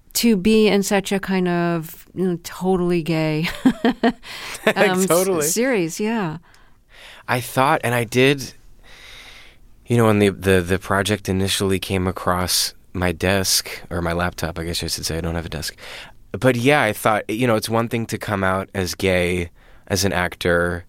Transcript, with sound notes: to be in such a kind of totally gay (laughter)
Totally.
...Series. Yeah.
I thought - and I did - you know, when the project initially came across my desk - or my laptop, I guess I should say - I don't have a desk - but, yeah, I thought, you know, it's one thing to come out as gay as an actor.